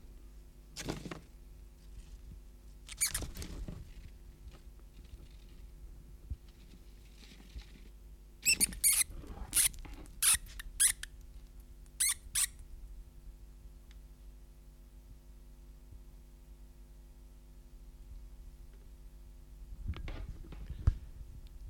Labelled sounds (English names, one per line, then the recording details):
Common Pine Vole distress call
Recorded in captivity
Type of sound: distress call
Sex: male
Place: Wohnung, Berlin, DE
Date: 1988-09-17
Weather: Zimmertemperatur
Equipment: Tesla B 115, RFT DM 2415 (Originalband)
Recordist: Frommolt, Karl-Heinz
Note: Defensivrufe eines Männchens bei Ergreifen mit einer stumpfen Pinzette. Wildfang aus Erzgebirge